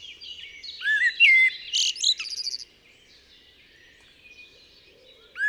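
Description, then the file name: Eurasian blackbird song, a burst of rich whistles and scratchy twittering notes lasting about two seconds, then quiet with faint high tones. "Turdus merula"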